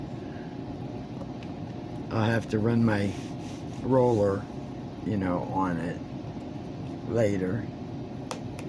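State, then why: Seated. While finishing a diamond painting, someone pushes a small plastic diamond-painting accessory, a drill pen tip or storage container lid, into its holder as someone talks over a steady low hum. A sharp click at 8.3 s marks it snapping into place, seated.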